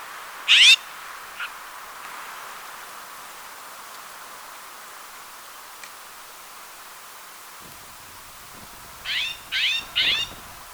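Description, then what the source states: Woodhouse's scrub jay giving harsh, raspy calls: one loud rasp at the start, a faint note soon after, then three rasping calls in quick succession near the end, over steady background hiss. Nominate subspecies Aphelocoma woodhouseii woodhouseii.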